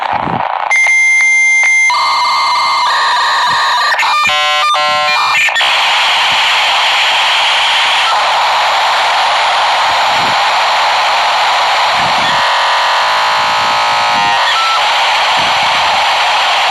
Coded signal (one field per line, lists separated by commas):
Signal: dial-up modem handshake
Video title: dial up sound effects (part 1)